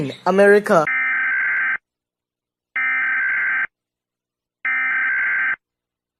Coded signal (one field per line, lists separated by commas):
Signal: Emergency Alert System (SAME) tones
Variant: header bursts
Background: speech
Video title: EAS alarms around the world